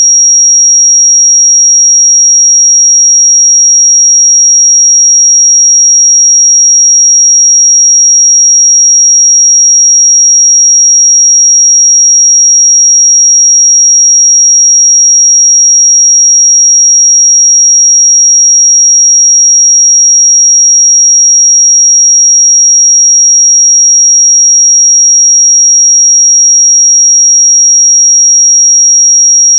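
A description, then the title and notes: A pure 5650 Hz sine tone sounds without a break for the whole thirty seconds, a single thin, bright, high whistle. Its pitch and loudness stay perfectly level from start to finish, with no other sounds around it. 5650 Hz 1 Hz Interval Sine Pure Tone Frequency 441000 Sample Mono.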